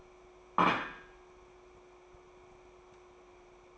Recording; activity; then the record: daily activity, microphone in the room; place plate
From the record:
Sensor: 1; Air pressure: 1004.4 hPa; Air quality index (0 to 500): 197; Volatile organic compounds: 18 ppm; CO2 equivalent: 2611 ppm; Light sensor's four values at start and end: 4/10/3/4 and 4/10/3/4